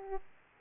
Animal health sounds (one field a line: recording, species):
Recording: mosquito wingbeat signal from an infrared sensor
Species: Aedes aegypti